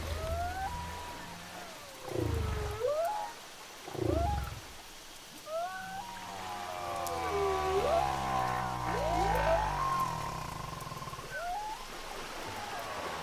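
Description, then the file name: Whale song of descending and rising swoops, deep low sweeps, then overlapping harmonic moans and upward whoops toward the end. "chant des baleines"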